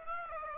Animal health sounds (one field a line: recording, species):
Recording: mosquito wingbeat signal from an infrared sensor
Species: Aedes aegypti